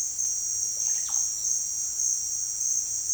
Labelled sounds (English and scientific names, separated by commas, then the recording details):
Russet-backed Oropendola (Psarocolius angustifrons)
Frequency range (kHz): Russet-backed Oropendola (Psarocolius angustifrons) 0.3-4.7 kHz
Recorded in secondary vegetation near Puerto Asís, Putumayo, Colombia, on 29 June 2025
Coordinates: 0.488, -76.319
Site G094